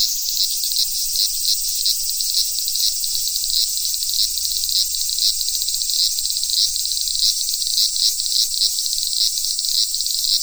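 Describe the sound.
Cicadas singing, a dense high-pitched buzzing chorus that throbs in quick regular pulses throughout.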